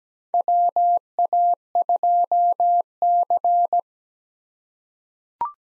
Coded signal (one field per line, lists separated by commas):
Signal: Morse code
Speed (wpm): 17 wpm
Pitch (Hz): 700 Hz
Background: none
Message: WA2C